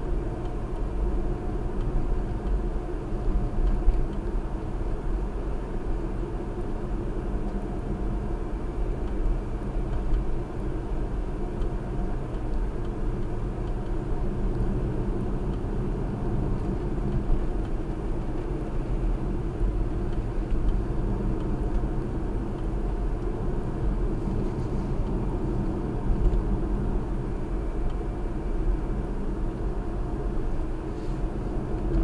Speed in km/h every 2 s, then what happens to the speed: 63, 63, 63, 63, 61, 61, 61, 61, 61, 63, 63, 63, 61, 61, 61, 61.
0-32 steady at about 61.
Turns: none.